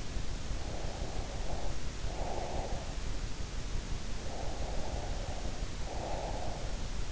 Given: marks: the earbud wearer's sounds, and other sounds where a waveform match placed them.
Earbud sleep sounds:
sounds in sleep by an in-ear microphone; breath
0.69-2.96 s: breath
4.38-6.74 s: breath

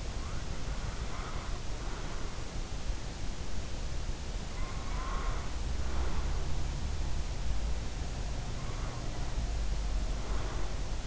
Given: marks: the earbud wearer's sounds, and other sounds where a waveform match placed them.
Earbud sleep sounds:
sounds in sleep by an in-ear microphone; breath
0.00-2.28 s: breath
4.41-6.24 s: breath
8.20-11.07 s: breath

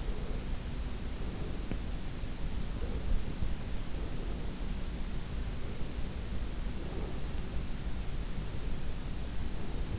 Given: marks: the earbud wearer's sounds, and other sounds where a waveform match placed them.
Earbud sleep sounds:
sounds in sleep by an in-ear microphone; breath
0.00-1.77 s: breath
2.78-4.93 s: breath
5.54-7.46 s: breath
8.26-9.99 s: breath

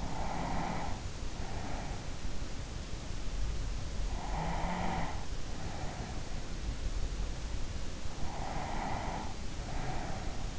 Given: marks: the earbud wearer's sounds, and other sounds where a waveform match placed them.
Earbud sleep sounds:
sounds in sleep by an in-ear microphone; breath
0.00-2.34 s: breath
3.95-6.65 s: breath
8.13-10.59 s: breath

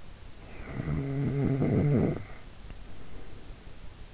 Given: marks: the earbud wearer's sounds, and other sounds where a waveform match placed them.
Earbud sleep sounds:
sounds in sleep by an in-ear microphone; snoring breath
0.29-3.78 s: snoring breath

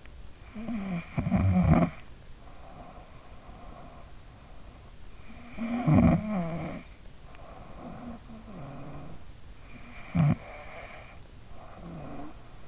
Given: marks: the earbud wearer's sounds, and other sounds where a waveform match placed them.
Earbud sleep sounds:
sounds in sleep by an in-ear microphone; snoring breath
0.00-3.82 s: snoring breath
5.02-9.54 s: snoring breath
9.99-12.68 s: snoring breath

